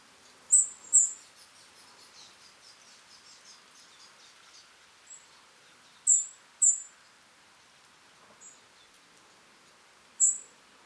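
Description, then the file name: European robin giving high, thin calls, some in close pairs, separated by pauses of several seconds. "Erithacus rubecula"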